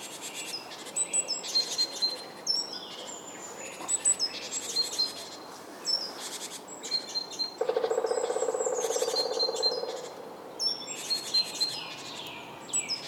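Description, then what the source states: Birds singing in a lively mix of clear high whistles, short slurred notes and rapid trills, joined midway by a steady low buzzing drone lasting about two seconds. Soundscape.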